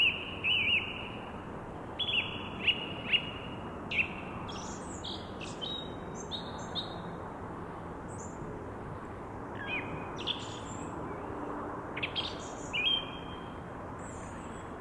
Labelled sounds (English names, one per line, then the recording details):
Song Thrush song
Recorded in the wild
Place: Garmisch-Partenkirchen, Bayern, DE
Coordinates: 47.5203, 11.0817
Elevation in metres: 847
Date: 1969-04-04
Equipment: Nagra
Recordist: Tretzel, Erwin